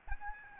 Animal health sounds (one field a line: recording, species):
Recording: mosquito wingbeat signal from an infrared sensor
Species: Aedes albopictus